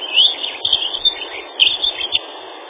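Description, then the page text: Dunnock singing in short scratchy warbled phrases, a first burst then a second cluster around 1.6 to 2.2 seconds, against constant background hiss. "Лесная завирушка — Prunella modularis"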